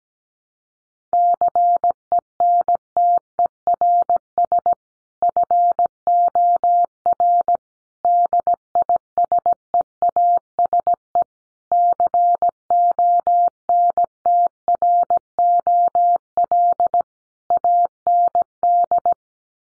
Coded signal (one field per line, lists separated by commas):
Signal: Morse code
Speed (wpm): 17 wpm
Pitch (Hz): 700 Hz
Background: none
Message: CENTERS FOR DISEASE CONTROL AND